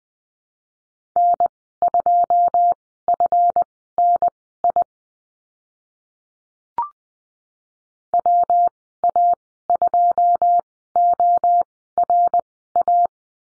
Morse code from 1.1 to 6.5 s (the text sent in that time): N2FNI